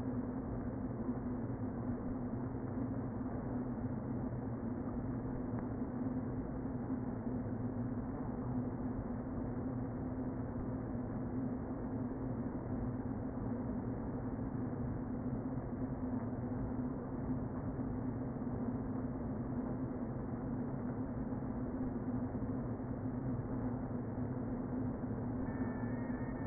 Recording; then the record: honeybee colony, microphone inside the hive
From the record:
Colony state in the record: queen present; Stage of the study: before two queens were removed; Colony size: about 60,000 bees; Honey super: yes